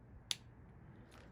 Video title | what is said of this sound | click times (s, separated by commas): How to install a light bar | so basically um we've got a little flat part there and that fits in there so you slide in and hear a click | 0.3 s